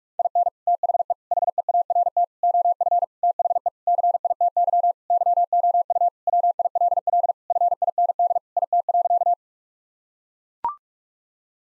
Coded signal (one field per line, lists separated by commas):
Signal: Morse code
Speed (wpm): 41 wpm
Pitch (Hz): 700 Hz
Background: none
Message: IN THE HEART OF THE CITY YOU WILL FIND IT.